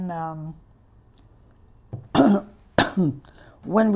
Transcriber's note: coughs